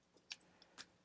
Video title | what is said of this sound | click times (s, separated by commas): Transformers Power of the Primes Voyager Class HUN GURRR REVIEW | the chest forward and bring the tail down which will click into place right | 0.3 s